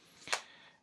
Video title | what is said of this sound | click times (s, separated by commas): Skull Candy Method 360 ANC XT | and Skull Candy logo and they are magnetic so they just snap right in. | 0.3 s